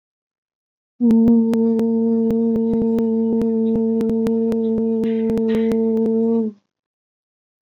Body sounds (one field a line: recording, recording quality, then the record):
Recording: sustained vowel as in boot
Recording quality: moderate, slight background noise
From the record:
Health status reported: COVID-19 positive, no symptoms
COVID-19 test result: positive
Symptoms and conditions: none ticked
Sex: female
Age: 31 years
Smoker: not ticked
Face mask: not worn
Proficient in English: yes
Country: India